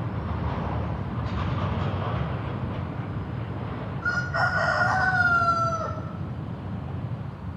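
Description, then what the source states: Chicken: rooster crowing once, a drawn-out harmonic call of about two seconds, over a steady low rumble of road traffic. Recorded with road traffic in the background.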